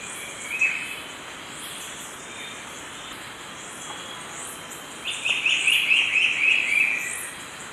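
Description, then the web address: Brown-billed scythebill: a single note early, then a quick run of sharp high notes near the end, with a constant high insect drone throughout. Ecuador. "Birds of Ecuador Brown-Billed Scythebill"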